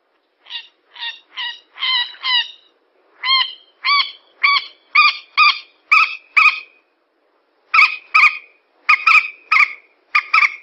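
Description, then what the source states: Yellow-vented bulbul with a lively series of harsh, scratchy notes, often paired, repeated quickly with brief pauses between runs. Bird lure recording.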